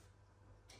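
A low-pressure cut-off plug is pushed back onto its pressure switch inside a gas boiler. Quiet handling noise sits over a steady low hum, with a brief brighter burst near 0.7 s. Nothing has seated or clicked yet.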